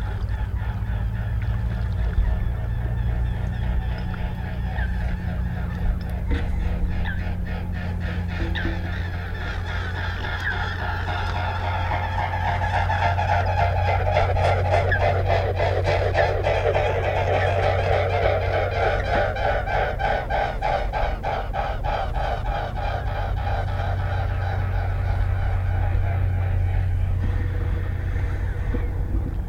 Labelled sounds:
Mute Swan

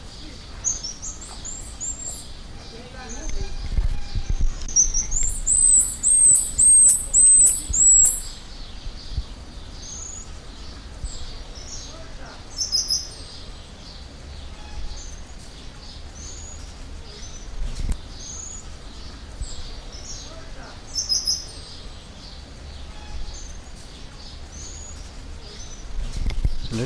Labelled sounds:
Black-mantled Tamarin

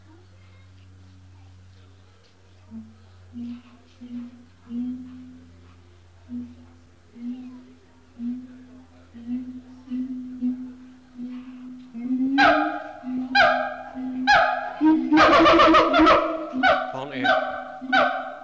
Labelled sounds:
Siamang

